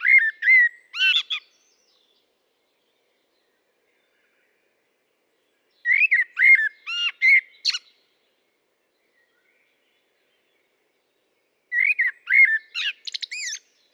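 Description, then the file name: Common blackbird song in three phrases about six seconds apart, each a warbled whistle trailing into high, squeaky twittering notes. "Turdus merula"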